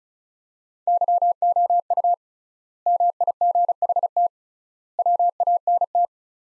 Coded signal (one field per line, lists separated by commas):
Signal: Morse code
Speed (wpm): 36 wpm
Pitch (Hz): 700 Hz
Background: none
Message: YOU MIGHT WANT